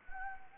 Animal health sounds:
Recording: mosquito wingbeat signal from an infrared sensor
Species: Anopheles gambiae

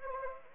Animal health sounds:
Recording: mosquito wingbeat signal from an infrared sensor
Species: Anopheles gambiae

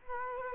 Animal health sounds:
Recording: mosquito wingbeat signal from an infrared sensor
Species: Culex quinquefasciatus

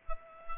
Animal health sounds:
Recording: mosquito wingbeat signal from an infrared sensor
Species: Culex pipiens

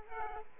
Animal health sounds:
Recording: mosquito wingbeat signal from an infrared sensor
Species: Aedes aegypti

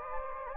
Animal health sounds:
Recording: mosquito wingbeat signal from an infrared sensor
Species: Anopheles gambiae

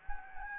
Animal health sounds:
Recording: mosquito wingbeat signal from an infrared sensor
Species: Anopheles gambiae

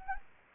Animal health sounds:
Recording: mosquito wingbeat signal from an infrared sensor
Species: Anopheles gambiae

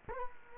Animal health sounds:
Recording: mosquito wingbeat signal from an infrared sensor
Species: Culex quinquefasciatus

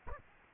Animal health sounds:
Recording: mosquito wingbeat signal from an infrared sensor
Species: Aedes albopictus

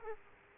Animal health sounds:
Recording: mosquito wingbeat signal from an infrared sensor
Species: Aedes aegypti

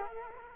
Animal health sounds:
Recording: mosquito wingbeat signal from an infrared sensor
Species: Culex quinquefasciatus

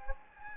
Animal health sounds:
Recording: mosquito wingbeat signal from an infrared sensor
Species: Anopheles gambiae

